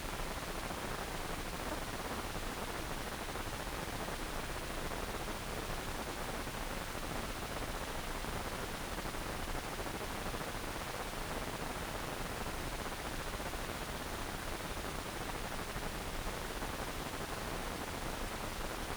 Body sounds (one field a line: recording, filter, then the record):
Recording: brain microelectrode recording played as sound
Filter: wide band, above 20 Hz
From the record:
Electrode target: subthalamic nucleus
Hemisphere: right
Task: reaching with the left hand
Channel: 1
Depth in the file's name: 1.506 mm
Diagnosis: Parkinson's disease